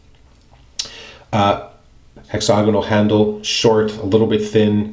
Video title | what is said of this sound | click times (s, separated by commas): Summer Break Soaps "Teacher's Pet" soap and AS - Gem Jr SE razor | snap it shut and it is completely locked into place | 0.8 s